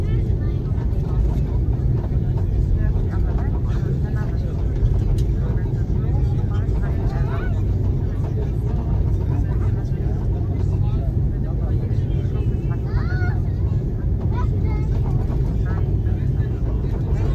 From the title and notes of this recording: FULL FLIGHT - Airbus A330 Palma to Frankfurt (Condor). Full flights with all of it's sounds including passenger announcements, service and of course the engines.